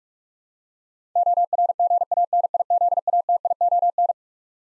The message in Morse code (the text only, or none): ORGANIZATION